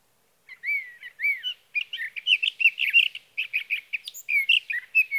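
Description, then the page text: Sage thrasher song: a long, continuous warbling stream of quick varied notes, some slurred, pouring out for several seconds. Male singing at night near his night roost, from evening of June 12 to morning of June 15, 2018, in Sierra Valley, California; recorded with a Swift recorder. "Sage thrasher songs, through the night. For three nights, from the evening of June 12 to the morning of June 15, 2018, in Sierra Valley, California, I placed a Swift recorder near a male's night roost."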